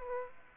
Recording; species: mosquito wingbeat signal from an infrared sensor; Aedes aegypti